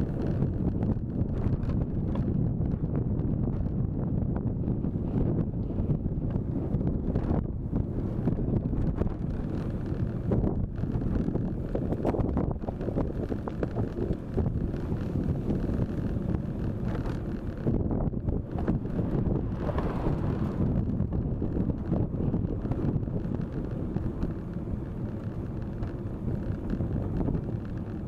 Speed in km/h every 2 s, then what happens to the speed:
24, 25, 25, 24, 25, 25, 26, 27, 26, 25, 24, 23, 23, 21.
0-15 steady at about 25. 15-28 slows to 21.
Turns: none.